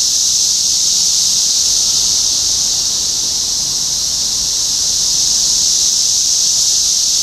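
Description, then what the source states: Cicada chorus, a dense shrill hiss-like drone that never pauses and stays level in pitch and loudness. Several cicadas recorded in Topeka, Kansas, United States, on 14 June 2015.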